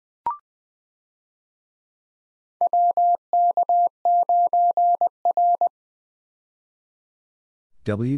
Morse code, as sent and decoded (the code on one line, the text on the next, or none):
.-- -.- ----. .-.
WK9R